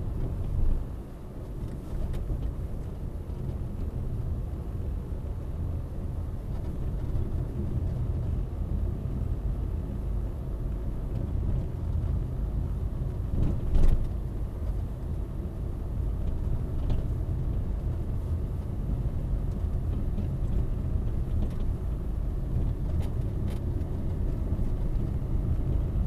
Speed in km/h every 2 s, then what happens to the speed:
23, 20, 22, 25, 25, 25, 24, 24, 24, 25, 26, 25, 26.
0-26 steady at about 25.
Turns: none.